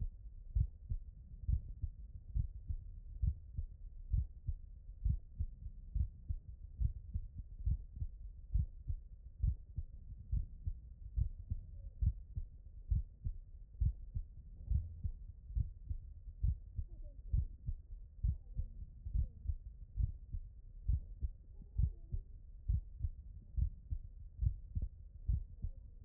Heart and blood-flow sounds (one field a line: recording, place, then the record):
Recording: heart sounds by stethoscope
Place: mitral valve (MV)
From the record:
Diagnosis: non-HFrEF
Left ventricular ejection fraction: 56%